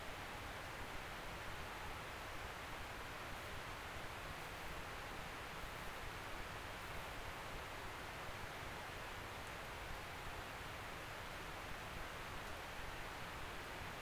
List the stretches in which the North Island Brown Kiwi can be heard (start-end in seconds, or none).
none